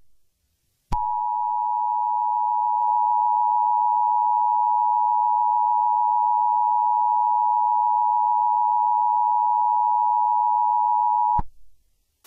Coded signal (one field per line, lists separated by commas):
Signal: Emergency Alert System (SAME) tones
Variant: 853 and 960 Hz attention tone